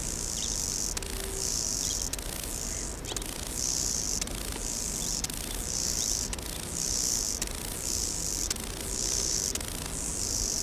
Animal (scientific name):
Chorthippus albomarginatus